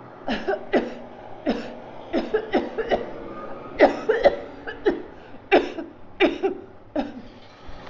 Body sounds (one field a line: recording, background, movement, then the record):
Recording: voluntary coughing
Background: traffic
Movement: sitting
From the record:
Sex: female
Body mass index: 21.8 kg/m2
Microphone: on the chest, facing outward